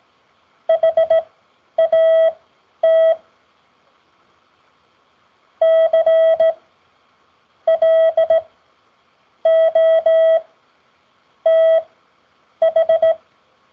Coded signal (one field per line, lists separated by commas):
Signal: Morse code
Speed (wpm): 17 wpm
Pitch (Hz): 650 Hz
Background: none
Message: HAT CLOTH